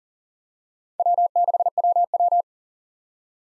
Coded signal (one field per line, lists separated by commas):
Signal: Morse code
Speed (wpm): 37 wpm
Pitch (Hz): 700 Hz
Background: none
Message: W6WW